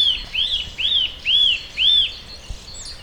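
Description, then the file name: Eurasian nuthatch repeating arched, whistled call notes, four in a row at an even pace, with faint hiss and a brief high chirp near the end. "Sitta europaea"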